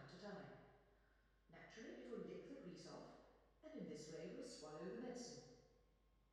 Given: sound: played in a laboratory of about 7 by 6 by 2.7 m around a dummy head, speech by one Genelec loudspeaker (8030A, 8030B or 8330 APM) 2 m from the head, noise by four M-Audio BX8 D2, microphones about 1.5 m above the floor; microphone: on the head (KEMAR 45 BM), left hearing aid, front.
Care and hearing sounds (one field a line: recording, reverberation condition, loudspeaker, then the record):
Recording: female speech in English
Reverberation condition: high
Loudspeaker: 60 degrees to the right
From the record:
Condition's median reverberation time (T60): about 1300 ms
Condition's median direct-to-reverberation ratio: about -4.0 dB